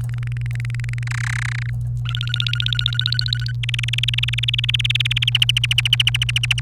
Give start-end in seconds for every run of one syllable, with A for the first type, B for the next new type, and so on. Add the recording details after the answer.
0.09-1.03 A, 1.07-1.70 B, 2.05-3.52 C, 3.63-5.29 D, 5.35-6.60 E. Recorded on 28 April 2018 at 17:27. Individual llb3